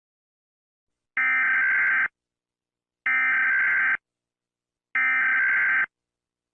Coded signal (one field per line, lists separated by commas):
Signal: Emergency Alert System (SAME) tones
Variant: header bursts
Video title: The Great Blizzard: A Mini EAS Scenario